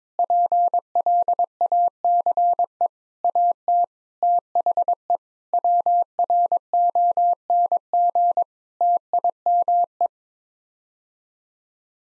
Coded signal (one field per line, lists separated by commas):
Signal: Morse code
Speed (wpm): 22 wpm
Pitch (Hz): 700 Hz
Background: none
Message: PLACE AT THE WRONG TIME